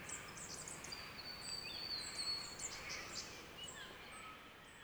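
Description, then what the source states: Birds: a chorus of several birds: rapid high twittering bursts and thin sustained whistles overlapping throughout, with a faint steady hiss beneath. Chorus of several birds, Central Victoria, Australia.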